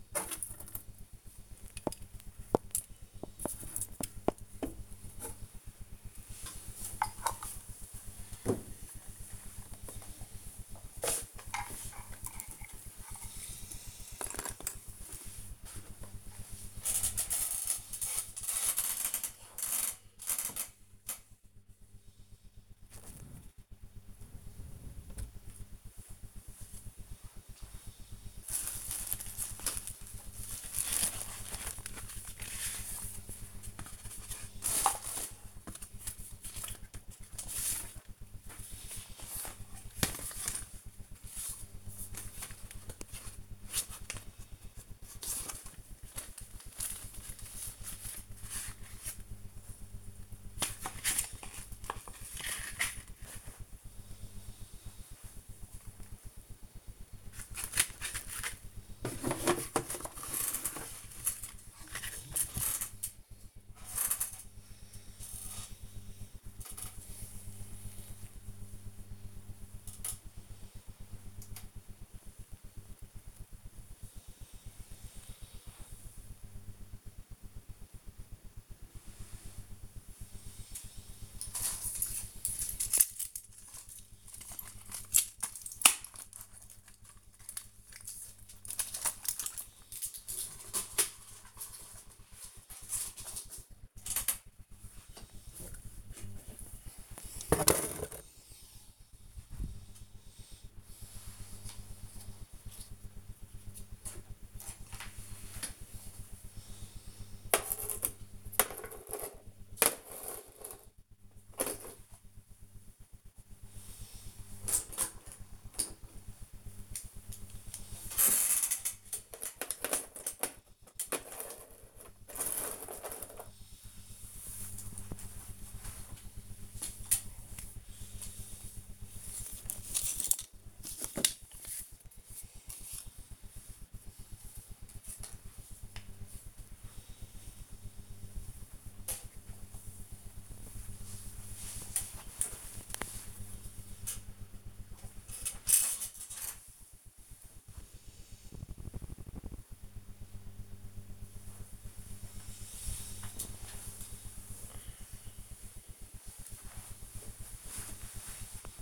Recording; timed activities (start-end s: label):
household activities, microphone on the right wrist
0.00-9.00 s: tidy up the cupboard
15.03-121.60 s: tidy up the cupboard
125.63-158.82 s: tidy up the cupboard